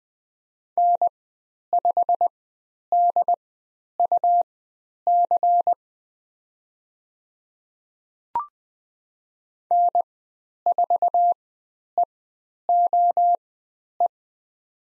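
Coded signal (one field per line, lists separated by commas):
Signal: Morse code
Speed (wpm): 20 wpm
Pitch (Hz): 700 Hz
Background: none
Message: N5DUC N4EOE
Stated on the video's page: Morse code course lesson on the letter U with call sign practice, Farnsworth speed 20/10 wpm.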